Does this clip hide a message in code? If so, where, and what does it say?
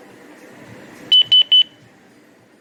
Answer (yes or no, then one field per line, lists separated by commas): no